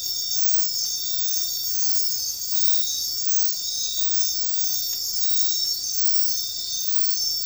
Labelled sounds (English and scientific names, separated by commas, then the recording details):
none
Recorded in dense forest near Puerto Asís, Putumayo, Colombia, on 20 February 2024 at 04:00
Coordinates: 0.500, -76.322
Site G6465